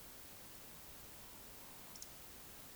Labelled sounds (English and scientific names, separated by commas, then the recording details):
Eurasian Woodcock (Scolopax rusticola) whistle, Eurasian Woodcock (Scolopax rusticola) croak
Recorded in Baden-Württemberg, Germany, on 20 May 2021 at 19:53 UTC
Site 24606, 635 m above sea level